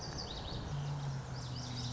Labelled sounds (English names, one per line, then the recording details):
Lazuli Bunting
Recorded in Sonoma County, California